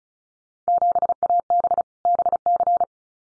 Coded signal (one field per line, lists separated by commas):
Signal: Morse code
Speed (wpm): 36 wpm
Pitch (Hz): 700 Hz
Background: none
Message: 7AB BC